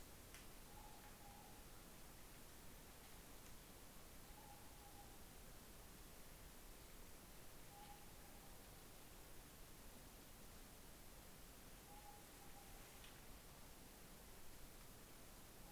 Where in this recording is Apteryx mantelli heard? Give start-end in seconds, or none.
none